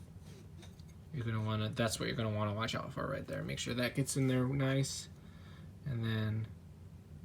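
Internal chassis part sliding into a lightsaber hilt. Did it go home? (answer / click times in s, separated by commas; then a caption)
no / none. An internal part of a lightsaber chassis is being slid into the hilt by hand while someone talks. Faint handling sounds are heard between the words, but the part has not snapped into place yet and nothing has seated or clicked.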